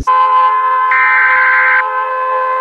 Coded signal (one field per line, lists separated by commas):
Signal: Emergency Alert System (SAME) tones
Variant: header bursts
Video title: Rating EVERY Country's EAS Alarm